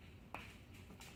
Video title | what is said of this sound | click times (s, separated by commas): EVOLV Tour 2 0 and Tour XL LCD Throttle Replacement | and make sure you hear that click | 0.3 s